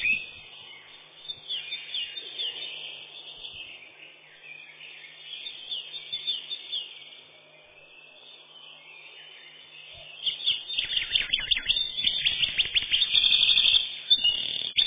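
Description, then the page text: Eurasian wren song: long quiet twittering, then a loud burst of fast, high trilled notes near the end, delivered in a dense, energetic stream. "Крапивник, или подкоренник, орешек (лат. Troglodytes troglodytes)"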